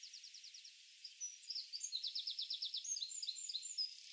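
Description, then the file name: Eurasian wren song, somewhat softer against a faint hiss, with a brisk series of repeated high notes, a short gap, then more rapid trills and chips. "Troglodytes troglodytes"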